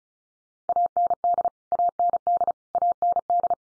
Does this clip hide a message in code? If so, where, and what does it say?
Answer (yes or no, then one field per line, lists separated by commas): yes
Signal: Morse code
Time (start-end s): 0.7-3.5 s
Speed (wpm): 34 wpm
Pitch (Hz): 700 Hz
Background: none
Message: AND AND AND